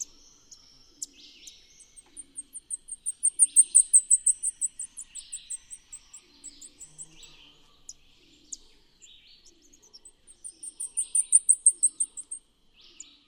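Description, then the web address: Blackpoll warbler song: a very high, thin series of rapid ticking notes that swells in loudness then fades, given twice, with soft lower chips scattered between. Recorded in the Eastern Lowlands of South America; includes song and flight calls. "Natures Songs S America Eastern Lowlands. Dendroica striata, song and flight calls"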